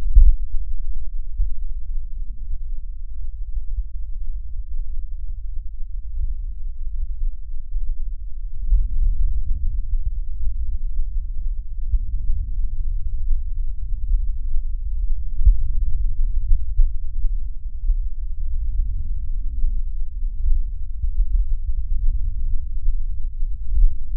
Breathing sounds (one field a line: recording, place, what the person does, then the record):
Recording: lung sounds by stethoscope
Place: left posterior basal chest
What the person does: quiet breathing, then deep breathing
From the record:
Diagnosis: pulmonary infection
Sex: male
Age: 86 years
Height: 165 cm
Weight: 65 kg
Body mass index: 23.9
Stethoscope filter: bell mode